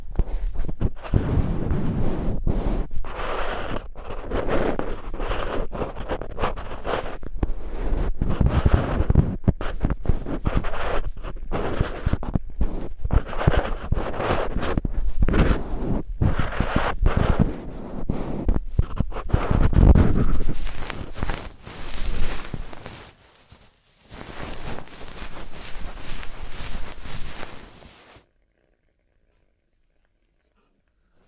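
Traditional Chinese ear cleaning and earwax removal: dense, crackling scrapes and rustles come in rapid, irregular bursts over a low rumble for about twenty seconds. After a brief drop, a softer, steadier hiss follows, then silence from about 28 seconds.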